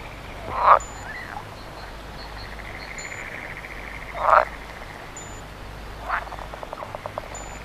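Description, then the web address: Frog calls, two loud harsh croaks a few seconds apart followed by a quick series of rattling pulses, over low steady hum and faint high ticks. "Frosch"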